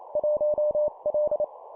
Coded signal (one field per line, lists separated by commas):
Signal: Morse code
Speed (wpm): 28 wpm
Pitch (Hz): 600 Hz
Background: none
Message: 1L